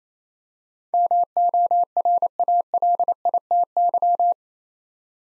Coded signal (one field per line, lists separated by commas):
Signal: Morse code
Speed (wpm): 28 wpm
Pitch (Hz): 700 Hz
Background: none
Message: MORALITY